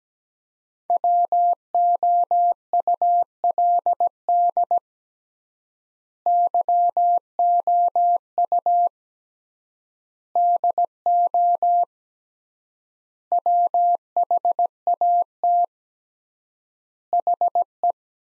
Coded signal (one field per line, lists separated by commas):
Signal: Morse code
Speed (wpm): 17 wpm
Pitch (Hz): 700 Hz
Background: none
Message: WOULD YOU DO WHAT HE